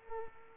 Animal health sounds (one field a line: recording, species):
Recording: mosquito wingbeat signal from an infrared sensor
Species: Culex pipiens